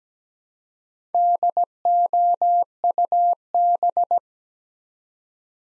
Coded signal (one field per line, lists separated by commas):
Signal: Morse code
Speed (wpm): 17 wpm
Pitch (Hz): 700 Hz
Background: none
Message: DOUB